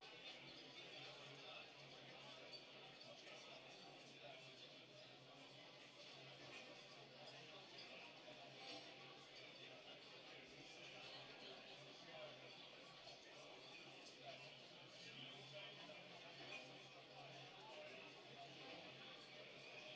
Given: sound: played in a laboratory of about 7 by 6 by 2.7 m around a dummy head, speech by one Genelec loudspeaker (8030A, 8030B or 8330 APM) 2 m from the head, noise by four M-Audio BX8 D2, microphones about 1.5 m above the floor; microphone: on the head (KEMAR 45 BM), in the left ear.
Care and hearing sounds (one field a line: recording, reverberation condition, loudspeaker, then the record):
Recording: cafeteria noise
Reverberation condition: low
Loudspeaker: four, about 170 cm from the corners of the room and facing them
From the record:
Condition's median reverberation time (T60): about 310 ms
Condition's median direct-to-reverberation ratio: about 3.5 dB